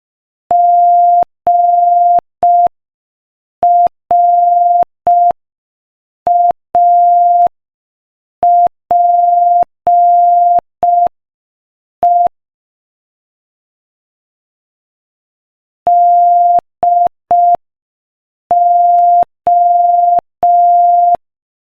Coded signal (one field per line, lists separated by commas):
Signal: Morse code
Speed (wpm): 5 wpm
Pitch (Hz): 700 Hz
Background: none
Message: GRAPE DO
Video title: Morse Code Practice: 5 wpm Joke #5